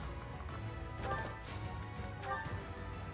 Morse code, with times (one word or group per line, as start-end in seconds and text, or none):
none